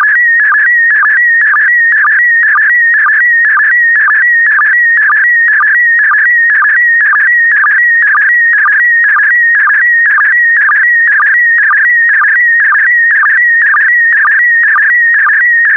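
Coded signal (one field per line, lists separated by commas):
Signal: SSTV (slow-scan television)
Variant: PD120 mode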